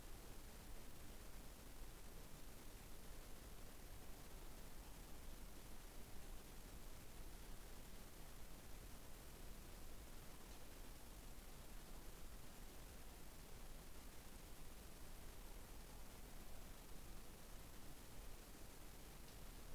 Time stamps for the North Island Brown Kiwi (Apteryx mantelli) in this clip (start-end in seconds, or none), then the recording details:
none. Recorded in New Zealand on 20 November 2014. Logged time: 21:29. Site CL78